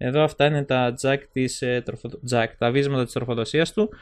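A small Mi Band 2 fitness tracker pod is handled near its plastic charging clip, whose job is to press onto the pod's power contacts. Throughout the clip, someone talks. Nothing has seated or clicked yet.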